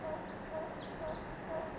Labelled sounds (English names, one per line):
Pacific Wren